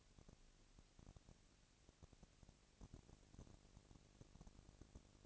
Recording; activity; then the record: daily activity, microphone in the room; no activity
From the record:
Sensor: 4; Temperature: 22.4 degrees Celsius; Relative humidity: 31.9%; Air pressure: 997.9 hPa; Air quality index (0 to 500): 203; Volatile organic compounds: 17 ppm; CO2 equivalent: 2572 ppm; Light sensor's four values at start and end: 2/3/1/1 and 2/3/1/1